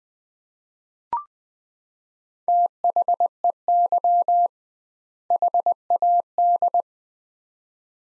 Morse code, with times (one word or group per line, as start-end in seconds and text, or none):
2.5-4.5 THEY
5.3-6.8 HAD